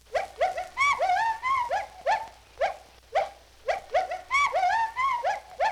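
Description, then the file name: Gibbons giving clear, hooting whoops, short upslurred notes punctuated by two flurries of trembling, wavering hoots that rise and fall. "G 12-23-Gibbons Hooting"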